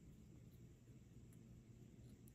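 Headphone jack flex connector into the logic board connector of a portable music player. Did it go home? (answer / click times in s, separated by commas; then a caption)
no / none. The headphone jack's flex ribbon connector of a disassembled iPod mini portable music player is handled at its logic board connector. A steady low rumble runs throughout, with a few faint, soft high ticks. Nothing has seated or clicked yet.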